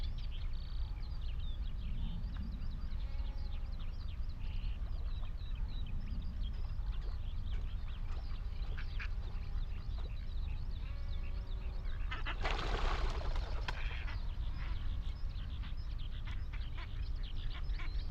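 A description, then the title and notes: Ducks and geese call over a steady low rumble, with many short, bright bird chirps and quacks scattered densely throughout. Around twelve to fourteen seconds a louder burst of rough, splashing or flapping noise stands out briefly. The Hoo Peninsula is a vast open landscape on the Thames Estuary. The mics (recording alone) were lodged in a hawthorn tree on Higham Marshes nature reserve and pointed out over a watery marsh. Close to the mics lapwings, redshank and cetti's warblers call, as well as geese and ducks that are familiar sounds to us urban dwellers.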